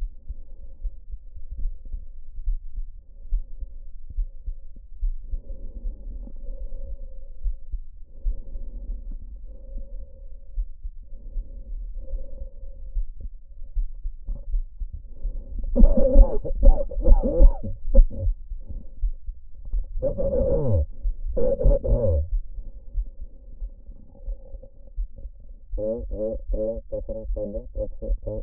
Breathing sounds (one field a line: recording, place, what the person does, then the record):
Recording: lung sounds by stethoscope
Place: trachea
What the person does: quiet breathing, then cough and speech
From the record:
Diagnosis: none (healthy)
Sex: male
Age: 45 years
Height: 173 cm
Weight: 92 kg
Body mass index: 30.7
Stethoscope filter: diaphragm mode